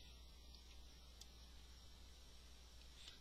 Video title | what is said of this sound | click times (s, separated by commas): Star Wars LEGO Emperor Palpatine's Shuttle 8096 real time build Video 2 | they will click into place there | 1.2 s